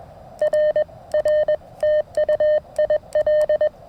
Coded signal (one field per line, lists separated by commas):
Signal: Morse code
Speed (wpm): 21 wpm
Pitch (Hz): 610 Hz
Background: none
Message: R R TU IL